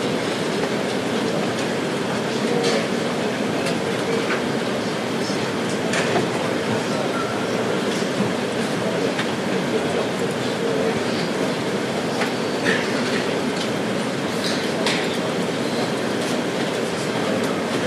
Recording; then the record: background sound without coughing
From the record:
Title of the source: Office Sounds Ambience - Background Noise for Study and Work